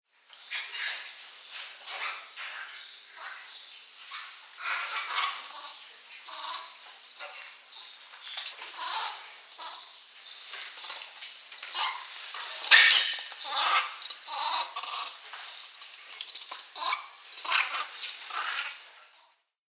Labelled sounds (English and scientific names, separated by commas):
Grivet (Chlorocebus aethiops)